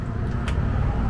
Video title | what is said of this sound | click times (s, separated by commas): 2021 JAYCO TERRAIN 19Y - In Depth Walk-Through! | just locks into place. | 0.5 s